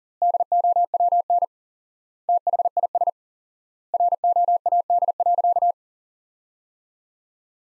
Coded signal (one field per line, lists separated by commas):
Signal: Morse code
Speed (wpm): 40 wpm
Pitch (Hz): 700 Hz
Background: none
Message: DOWN THIS ROAD.